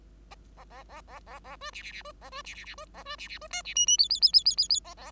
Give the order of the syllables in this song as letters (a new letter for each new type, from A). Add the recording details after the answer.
A A A A A A B C C C B A B C C C B A B C C B D C E E F F F F F F F A A. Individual Bird5